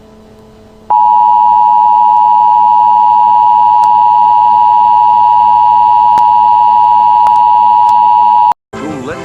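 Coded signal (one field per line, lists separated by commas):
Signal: Emergency Alert System (SAME) tones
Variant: 853 and 960 Hz attention tone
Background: speech, music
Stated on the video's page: EAS recording from a VHS tape, presented as an attack alert.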